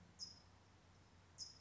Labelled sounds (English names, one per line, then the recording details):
California Towhee
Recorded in Sonoma County, California